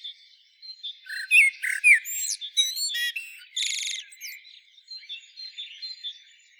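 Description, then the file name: Common blackbird calls: a burst of high squeaky chirps and thin twittering notes, busiest in the middle, fading into softer scattered notes toward the end. "Turdus merula"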